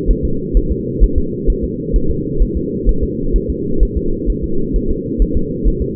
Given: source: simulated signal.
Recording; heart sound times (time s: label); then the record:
fetal heart sounds
0.10 s: S1
0.25 s: S2
0.57 s: S1
0.72 s: S2
1.03 s: S1
1.18 s: S2
1.50 s: S1
1.64 s: S2
1.96 s: S1
2.10 s: S2
2.42 s: S1
2.57 s: S2
2.89 s: S1
3.03 s: S2
3.36 s: S1
3.50 s: S2
3.83 s: S1
3.97 s: S2
4.30 s: S1
4.44 s: S2
4.76 s: S1
4.91 s: S2
5.22 s: S1
5.37 s: S2
5.67 s: S1
5.82 s: S2
From the record:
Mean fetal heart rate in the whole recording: 130 bpm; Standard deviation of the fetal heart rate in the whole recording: 2 bpm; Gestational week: 36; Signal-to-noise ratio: -8.1 dB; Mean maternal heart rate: 72 bpm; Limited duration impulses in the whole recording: absent